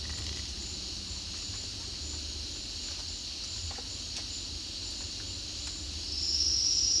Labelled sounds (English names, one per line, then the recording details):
none
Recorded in dense forest near Puerto Asís, Putumayo, Colombia, on 19 February 2024 at 10:30
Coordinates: 0.496, -76.326
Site G6383